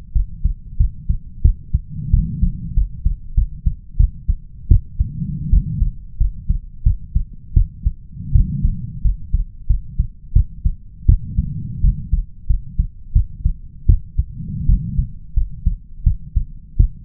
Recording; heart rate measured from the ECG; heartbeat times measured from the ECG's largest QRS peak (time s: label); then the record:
heart sounds by stethoscope; 87 bpm
0.13 s: heartbeat
0.77 s: heartbeat
1.42 s: heartbeat
2.11 s: heartbeat
2.74 s: heartbeat
3.35 s: heartbeat
3.97 s: heartbeat
4.68 s: heartbeat
5.50 s: heartbeat
6.18 s: heartbeat
6.83 s: heartbeat
7.54 s: heartbeat
8.32 s: heartbeat
9.02 s: heartbeat
9.67 s: heartbeat
10.33 s: heartbeat
11.06 s: heartbeat
11.81 s: heartbeat
12.47 s: heartbeat
13.13 s: heartbeat
13.86 s: heartbeat
14.66 s: heartbeat
15.34 s: heartbeat
16.04 s: heartbeat
16.77 s: heartbeat
From the record:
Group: healthy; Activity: rest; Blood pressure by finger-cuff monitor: 133/91 mmHg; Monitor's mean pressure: 102 mmHg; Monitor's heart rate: 88 bpm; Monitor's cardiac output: 6.1 L/min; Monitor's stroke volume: 70 mL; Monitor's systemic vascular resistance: 1230 dyn s/cm5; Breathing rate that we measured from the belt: 19 breaths a minute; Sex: male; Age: 21 years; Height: 180 cm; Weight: 67.5 kg